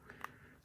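A small display flex cable connector is pressed by finger onto its logic board socket during an iPhone 6s screen replacement. A sharp click at 0.2 s shows it seating, with fainter ticks around 0.1 s and 0.7 s. The connector is confirmed seated.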